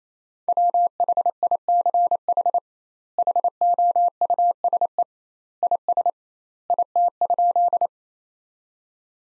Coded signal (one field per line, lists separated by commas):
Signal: Morse code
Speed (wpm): 28 wpm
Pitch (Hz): 700 Hz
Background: none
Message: WHICH HOUSE IS IT?